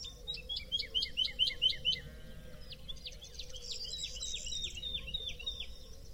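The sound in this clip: Woodlark song: a fast series of liquid, descending fluty notes, then a softer trill and another run of slurred falling phrases, over a low steady hum.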